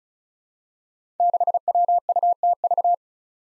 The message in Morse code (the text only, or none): 6WUTV